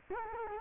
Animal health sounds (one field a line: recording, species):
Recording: mosquito wingbeat signal from an infrared sensor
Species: Culex quinquefasciatus